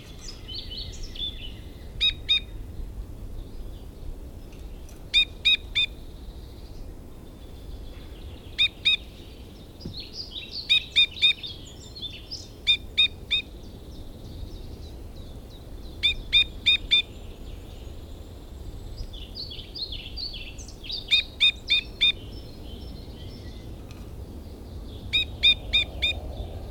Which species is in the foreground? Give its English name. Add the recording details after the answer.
Two-barred Crossbill. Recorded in captivity. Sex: female. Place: Serrahn, Mecklenburg-Vorpommern, DE. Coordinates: 53.344, 13.204. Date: 1978-08-04. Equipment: Nagra III BH, Sennheiser MD 21. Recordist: Schubert, Michael